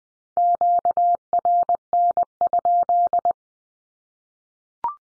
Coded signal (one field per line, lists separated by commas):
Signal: Morse code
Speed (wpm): 20 wpm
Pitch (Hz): 700 Hz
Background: none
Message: QRN?